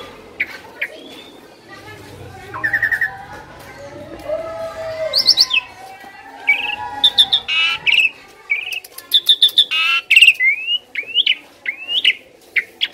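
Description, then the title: Asian pied starling song of varied whistles, chirps and buzzy notes, quieter at first over a low background murmur, then louder and busier in the second half. Tutor recording meant to train birds that sing too little or are listless. "Masteran Jalak Suren Atasi Burung KURANG GACOR Dan LOYO"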